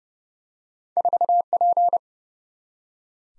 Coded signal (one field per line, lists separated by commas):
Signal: Morse code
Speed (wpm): 30 wpm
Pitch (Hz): 700 Hz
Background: none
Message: 4P